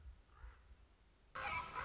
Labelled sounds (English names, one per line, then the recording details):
Common Raven
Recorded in Sonoma County, California